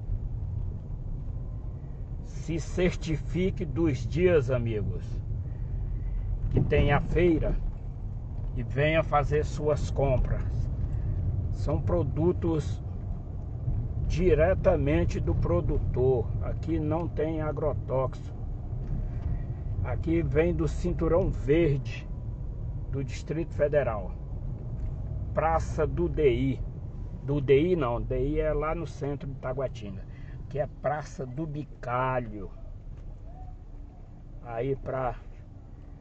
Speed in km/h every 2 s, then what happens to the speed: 21, 19, 17, 17, 24, 27, 25, 26, 27, 25, 21, 21, 23, 15, 8, 6, 7, 6.
0-6 steady at about 17. 6-9 speeds up to 27. 9-16 steady at about 26. 16-20 slows to 21. 24-29 slows to 6. 29-36 steady at about 6.